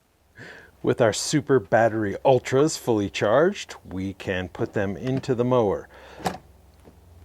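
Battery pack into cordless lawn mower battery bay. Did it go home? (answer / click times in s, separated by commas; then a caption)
no / none. A fully charged lithium battery pack is being handled at the plastic battery bay of a Litheli EASYSURGE self-propelled cordless lawn mower. Someone talks throughout, with a brief short transient near 6.3 seconds and faint low hum after the speech. Nothing has seated or clicked into place yet.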